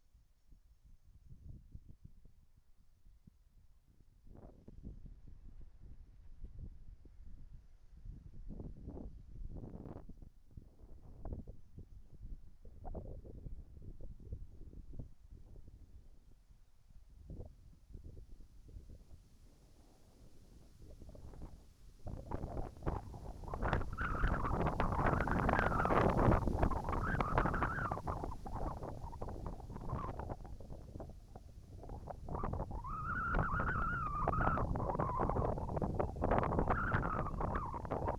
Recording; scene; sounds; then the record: everyday scene through a hearing-aid microphone; wind on the microphone; wind, whistling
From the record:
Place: in front of a rural house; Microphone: behind the ear, right, rear